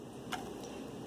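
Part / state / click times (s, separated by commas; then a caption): interchangeable plug adapter onto the device's power supply / seated / 0.3 s. The correct interchangeable plug adapter is pressed down onto the plastic power supply of a FlightFeeder Orange, after the wrong adapter was slid off. A single short, sharp click at 0.3 s stands out over a steady low background hiss. The adapter is seated.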